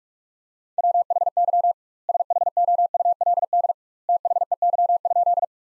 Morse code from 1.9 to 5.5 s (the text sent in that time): SHOULD THEY?